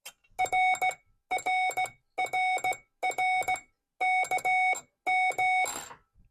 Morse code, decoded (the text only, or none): R R R R K M